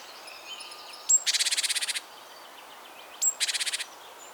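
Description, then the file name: Great tit giving two dry, rasping churrs, each a quick series of buzzy ticks lasting under a second, each preceded by a sharp high note, over faint background noise. "Parus major"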